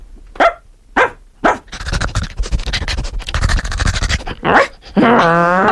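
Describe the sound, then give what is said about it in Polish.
A woman imitates a barking dog on a Polish radio programme: three short, sharp barks, then a long rough growl, two more quick barks, and a sustained, strained whine at the end. “Jak brzmi koza? A pies?”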